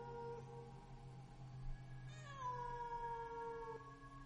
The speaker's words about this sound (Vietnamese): hai người phát hiện ra là tiếng con mèo kêu phát ra từ trong phòng của hai sẹo